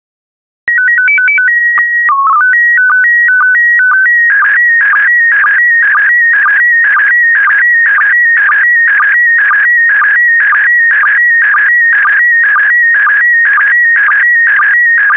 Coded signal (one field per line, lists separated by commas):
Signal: SSTV (slow-scan television)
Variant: PD 120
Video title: 177013 Images of the Grand Canyon SSTV PD120